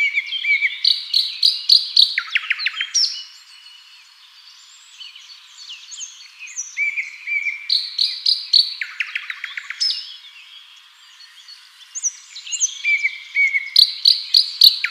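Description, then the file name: Common nightingale song: phrases of rapid repeated staccato notes, whistled slurs and fast trills, broken by quieter pauses before resuming. "Luscinia megarhynchos"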